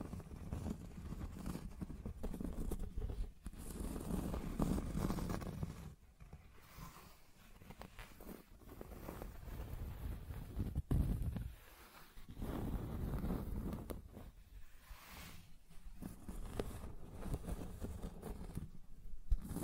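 Scratching and tracing sounds come in uneven rubbing strokes with a low rumble beneath, pausing briefly around six, twelve and fifteen seconds.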